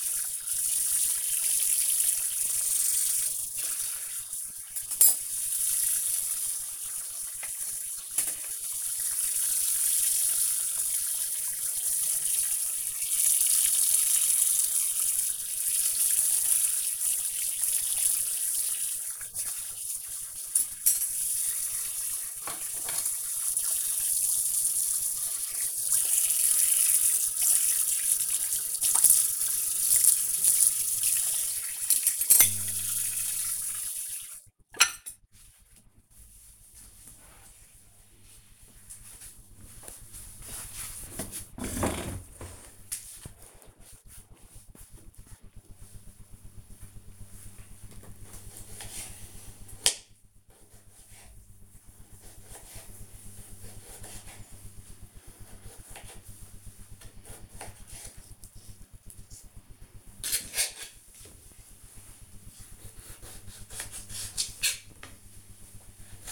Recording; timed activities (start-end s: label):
household activities, microphone on the right wrist
0.00-33.58 s: washing dishes
47.67-66.32 s: cutting vegetables